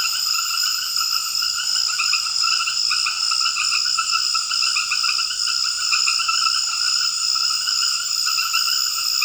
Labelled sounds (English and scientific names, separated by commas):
none